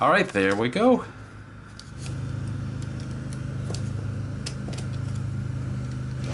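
Someone talks briefly while a plastic part of a replacement shell for a Nintendo DS Fat handheld game console is pressed together by hand. After the talk, a steady low hum fills the rest of the clip, with a few faint handling ticks around 1.8, 3.3, 3.8 and 4.5 seconds. The part has not seated or clicked into place by the end.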